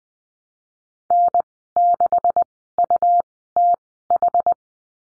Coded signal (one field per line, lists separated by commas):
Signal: Morse code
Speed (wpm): 20 wpm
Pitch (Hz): 700 Hz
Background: none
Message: N6UTH